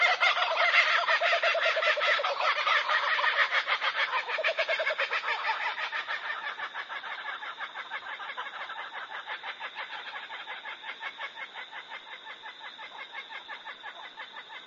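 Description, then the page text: Kookaburra laughing, rapid rolling harmonic notes, loud at first then fading and thinning into a steadier chuckling rattle. Morning. "Утренние голоса - Кукабарра зимородковые"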